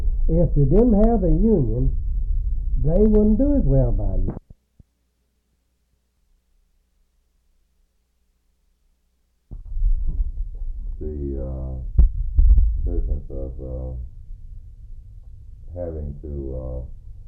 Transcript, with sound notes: If they didn’t have the union, they wouldn’t do as well by you. [pause]
The business of having to